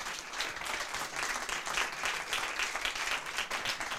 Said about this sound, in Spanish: También se merece un aplauso. Así que venga.